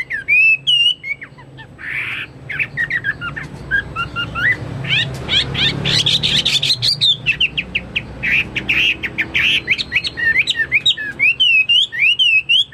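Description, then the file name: Chinese hwamei song: a loud, varied stream of whistled, slurred notes and rapid chattering phrases, shifting in pitch throughout. "omkicau hwamei"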